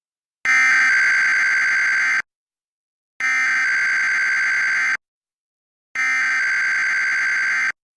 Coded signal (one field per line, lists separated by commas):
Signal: Emergency Alert System (SAME) tones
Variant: header bursts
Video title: [EAS #2571-#2573] Sunday Night Required Weekly Tests